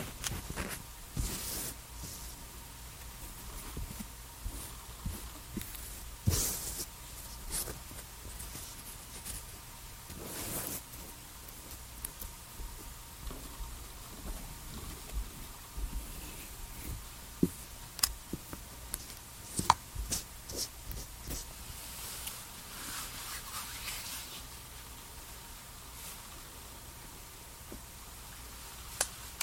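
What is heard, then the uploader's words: Small skincare and makeup sounds: soft taps, clicks and brief rustles come every second or two, with a few louder, brighter swipes near the start and middle. A faint steady hum sits underneath throughout. TimASMR-Doing Your Summer Skincare Routine and Makeup Sounds NO TALKING.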